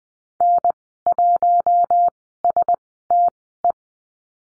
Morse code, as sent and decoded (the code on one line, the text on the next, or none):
-. .---- ... - .
N1STE